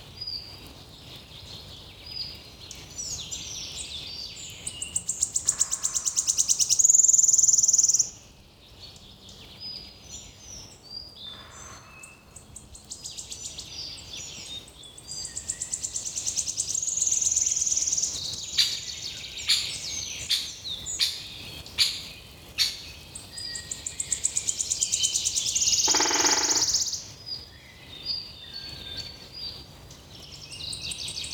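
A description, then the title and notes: Birds chirp and trill in high, busy bursts that come and go, with brief quiet gaps near eight and twenty-seven seconds. The Birds are Happy Today.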